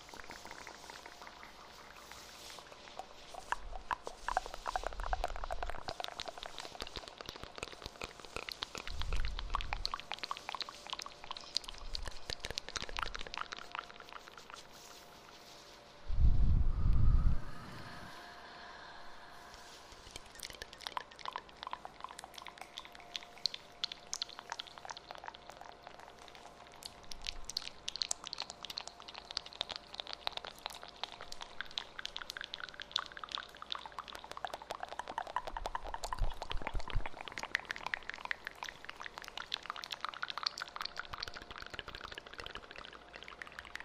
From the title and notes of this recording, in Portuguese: Uma hora de ASMR de sons de boca com eco no microfone 3DIO.